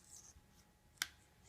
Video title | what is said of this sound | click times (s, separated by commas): Crimping MC4 Solar Connectors | that snaps in and then it's it's locked in and then do the uh do the strain relief down | 1.0 s